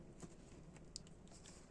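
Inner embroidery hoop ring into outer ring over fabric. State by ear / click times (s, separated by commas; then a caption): seated / 1.0 s. The inner ring of an embroidery hoop is pressed back into the outer ring over fabric that had not been fitted. Against a low, steady background with faint soft ticks, a single sharp click sounds at 1.0 s as the ring seats, leaving the hoop frame in place.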